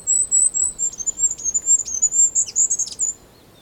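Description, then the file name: Goldcrest song: a continuous stream of very high, thin, rapidly repeated notes ending in a brief flourish, lasting about three seconds before falling silent. Song, Europe. "Wintergoldhaehnchen Gesang Voegel in Europa"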